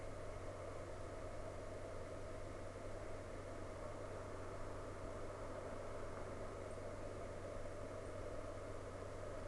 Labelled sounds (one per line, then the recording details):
machinery
flare stack
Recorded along the Dalton Highway, Alaska, on 25 August 2019 at 06:42
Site 06